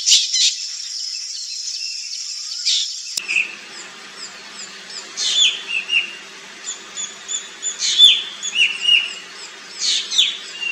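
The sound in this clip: Bird calls, high chirps and curved whistles in spaced bursts every second or two, with a low steady hum in the later part.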